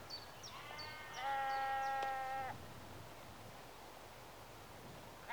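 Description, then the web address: Sheep giving one long steady bleat, while a bird repeats short sharp notes at the start, then quiet background. Sheep in a rural exterior atmosphere, early evening, recorded mid close. "BBC Sound Effects Library BBC 52-Exterior Atmospheres-Rural Backg 10 Sheep Early Evening-Mid Close"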